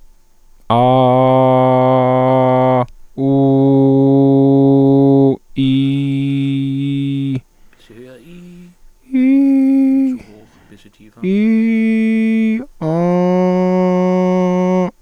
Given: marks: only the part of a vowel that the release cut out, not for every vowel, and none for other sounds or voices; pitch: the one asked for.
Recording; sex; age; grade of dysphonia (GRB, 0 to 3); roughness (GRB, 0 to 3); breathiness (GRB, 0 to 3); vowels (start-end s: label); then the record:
sustained vowels; male; 30 to 39 years; 0; 0; 0
0.89-2.72 s: vowel /a/, normal pitch
3.37-5.23 s: vowel /u/, normal pitch
5.64-7.30 s: vowel /i/, normal pitch
11.29-12.50 s: vowel /i/, high pitch
12.94-14.74 s: vowel /a/, high pitch
From the record:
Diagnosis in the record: healthy voice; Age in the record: 32 years